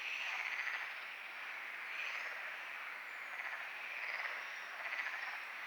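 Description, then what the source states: Frogs croaking in a dense chorus, pulsed trills rising and fading in irregular waves. Frogs calling at night at Lagoa do Congro; binaural recording with EQ applied.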